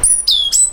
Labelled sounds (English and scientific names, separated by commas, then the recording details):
Stitchbird (Notiomystis cincta) song
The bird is a male
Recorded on Tiritiri Matangi Island, New Zealand, in 2005
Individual 12, of nest box 16